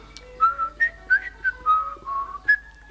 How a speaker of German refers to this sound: Fällt euch noch etwas anderes ein? Ja, ich kann pfeifen.